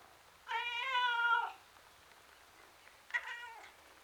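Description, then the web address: Domestic cat meowing twice: a long, even wail lasting about a second, then after a pause a shorter meow. Male tom cat outdoors, described as miserable. "The BBC Sound Effects Library - Complete 60 CDs Collection. Miserable Tom Cat Outside"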